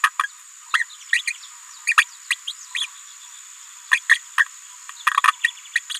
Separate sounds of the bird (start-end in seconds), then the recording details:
0.04-0.10, 0.19-0.23, 0.74-0.85, 1.13-1.22, 1.27-1.32, 1.87-1.94, 1.97-2.04, 2.30-2.34, 2.47-2.52, 2.75-2.86, 3.92-3.99, 4.09-4.18, 5.17-5.21, 5.44-5.50, 5.75-5.80, 5.90-5.94. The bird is a female. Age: 27 days. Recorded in a nest box in Venezuela. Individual 17B73B2